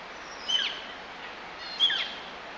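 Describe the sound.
Bird calls: two short, high chirping notes about a second apart, set against a steady hiss of background noise.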